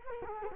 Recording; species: mosquito wingbeat signal from an infrared sensor; Culex quinquefasciatus